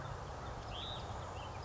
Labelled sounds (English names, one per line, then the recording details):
Hutton's Vireo
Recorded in Sonoma County, California